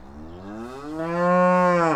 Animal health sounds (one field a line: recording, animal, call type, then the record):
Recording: contact call of a hoofed animal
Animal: cattle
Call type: low-frequency (closed-mouth) or high-frequency (open-mouth) call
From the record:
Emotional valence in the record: negative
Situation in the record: physical separation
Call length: 2.0 s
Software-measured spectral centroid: 1360 Hz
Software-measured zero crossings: 1210 a second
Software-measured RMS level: -22 dBFS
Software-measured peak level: -7 dBFS